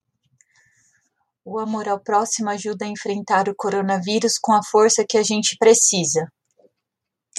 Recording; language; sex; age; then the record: spoken sentence; Brazilian Portuguese; female; 30 to 39 years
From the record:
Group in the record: control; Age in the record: 36 years